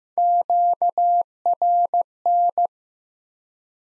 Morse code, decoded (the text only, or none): QRN